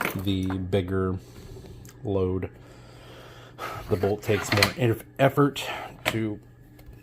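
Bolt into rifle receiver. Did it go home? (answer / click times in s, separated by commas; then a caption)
no / none. Someone talks while working the heavy bolt of a .50 cal rifle toward its receiver, a bolt that takes more effort to lock into place to handle the bigger load, with a faint metallic clink heard among the speech. The clip ends before the bolt goes home, so nothing has seated or clicked yet.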